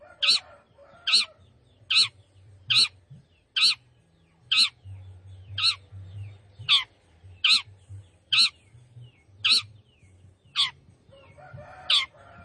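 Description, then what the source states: Long-tailed shrike giving loud, harsh, rasping notes, repeated about every second in an uneven series, with faint softer chirps between them and a low rumble beneath. Singing lively, described as gacor.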